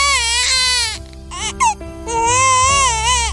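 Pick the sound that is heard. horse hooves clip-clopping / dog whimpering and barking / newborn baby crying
newborn baby crying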